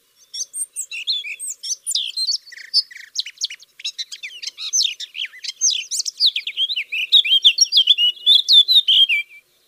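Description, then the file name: Eurasian blackcap song, a rapid, continuous high warble of scratchy chirps and sweeping whistled notes, growing denser and more sustained toward the end. "Sylvia atricapilla"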